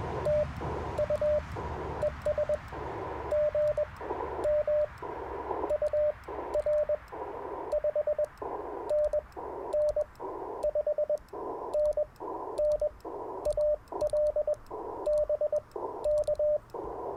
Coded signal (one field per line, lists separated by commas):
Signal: Morse code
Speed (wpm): 20 wpm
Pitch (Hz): 590 Hz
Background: radio noise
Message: TU ES GM UR 5NN 5NN AL BK